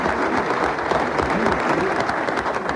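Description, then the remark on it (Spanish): Loud, sustained applause from an audience, a dense steady wash of clapping that fills the whole stretch without pause, with a faint murmur of crowd voices mixed in. “¡Fuerte el aplauso!”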